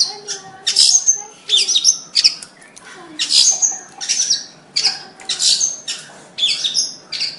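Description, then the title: Bird song made of loud, harsh, high squawking phrases, repeated in bursts with short gaps between them. "Kicau Burung"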